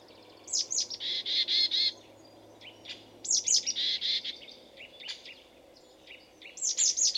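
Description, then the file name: Marsh tit calls: a sharp high note or two, then a buzzy, nasal run of repeated notes, in three bouts roughly three seconds apart, with faint chips from other birds between. "Poecile palustris"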